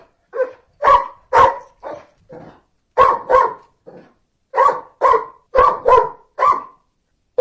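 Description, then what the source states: Dog barking steadily, single and doubled barks coming roughly every half second to second, some softer barks between, over a silent background. Big dog barking.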